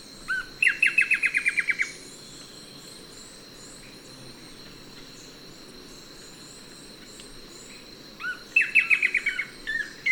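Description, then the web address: Blackish Antbird song: a short rising note followed by a fast series of about ten sharp descending notes, repeated twice, with steady high insect hiss behind. Ecuador. "Natures Songs S America Birds of Ecuador Blackish Antbird"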